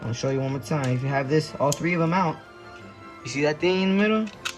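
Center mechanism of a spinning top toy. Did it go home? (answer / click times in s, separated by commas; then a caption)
no / none. Someone talks while handling the center mechanism of a Hasbro Pro Series Cho-Z Valkyrie Beyblade, a plastic spinning-top toy, with all three rubber pieces removed, getting ready to push the middle part in. The clip ends before the part goes home, so nothing has seated or clicked yet.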